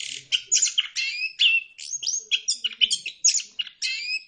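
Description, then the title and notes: Bird song as a fast continuous stream of sharp chirps, slurred whistles and scratchy notes, with barely any gaps between phrases. Bird chirping song meant for training pet birds. "Suara Burung. Suara Kicauan Burung untuk memaster burung kesayangan"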